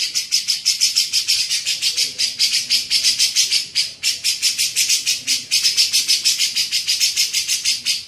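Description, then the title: Grey-cheeked bulbul giving a nearly continuous stream of harsh, buzzy chirps, roughly three each second. Masteran training recording used to tutor songbirds. "MASTERAN CUCAK JENGGOT"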